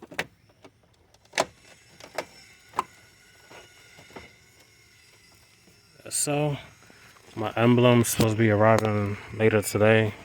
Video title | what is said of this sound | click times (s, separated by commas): Installing New Grille For My 7th Gen Maxima | and then push back. You hear it click in place. | 0.2 s, 1.4 s, 2.8 s